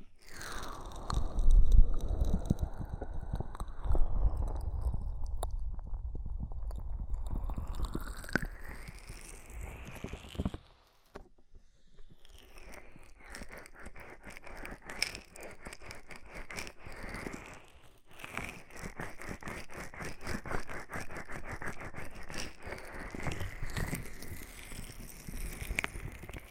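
Ear massage with oil and foam: dense, wet rubbing and crackling over the first ten seconds, with deep muffled thumps and sweeping rises and falls in pitch. After a brief near-silent gap around eleven seconds, a softer, faster stream of fine crackles and squishes continues steadily to the end.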